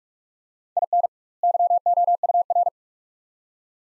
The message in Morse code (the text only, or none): IN YOUR